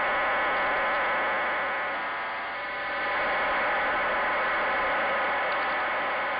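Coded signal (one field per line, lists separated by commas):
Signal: numbers station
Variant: HM01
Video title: 07 01 2022 Cuban Spy Number HM01 in Spanish 0602 on 10345 Bejucal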